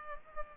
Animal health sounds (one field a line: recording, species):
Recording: mosquito wingbeat signal from an infrared sensor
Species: Culex pipiens